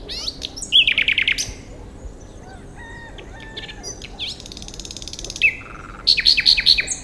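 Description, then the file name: Common nightingale song: loud fast repeated notes at the start, softer varied notes in the middle, then a bright run of ringing chirps to close. "Luscinia megarhynchos"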